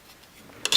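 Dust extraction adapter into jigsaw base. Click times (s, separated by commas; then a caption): 0.7 s, 0.8 s. A plastic dust collection adapter is slid up under the base of a corded Craftsman 5 Amp jigsaw, model 320.2190, so a shop-vac hose can be attached. Faint sliding is followed by two sharp clicks at 0.6 and 0.8 seconds as the adapter seats in place.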